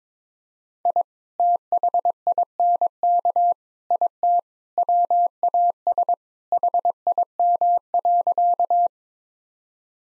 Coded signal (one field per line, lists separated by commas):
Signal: Morse code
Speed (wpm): 22 wpm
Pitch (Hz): 700 Hz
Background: none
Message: I THINK IT WAS HIM.